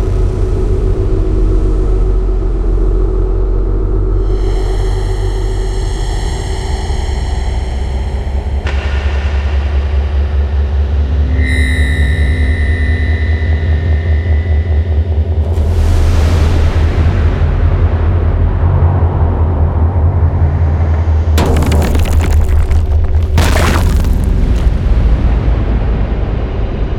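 A deep, steady drone rumbles under shifting tonal layers, with a rising whoosh near sixteen seconds and sharp bursts around twenty-one and twenty-four seconds.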